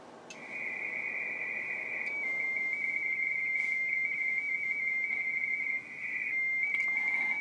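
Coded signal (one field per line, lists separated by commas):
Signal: RTTY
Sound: continuous warbling two-tone chatter around 2 kHz with a brief dip near the end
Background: radio static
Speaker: well Larry's calling CQ so I'm gonna hit someone else Carly huh and there it is so that's how you do it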